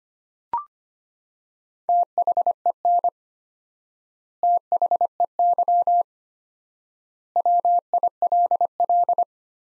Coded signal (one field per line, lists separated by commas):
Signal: Morse code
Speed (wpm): 25 wpm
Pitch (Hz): 700 Hz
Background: none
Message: THEN THEY WILL